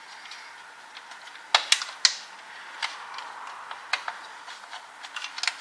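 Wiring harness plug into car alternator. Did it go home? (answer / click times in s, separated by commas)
no / none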